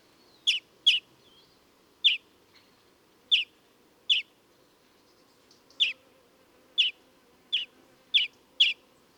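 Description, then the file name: European greenfinch call notes: brief, bright chips, some doubled in quick succession, about ten across the stretch with irregular gaps, faint low hum behind. "Chloris chloris"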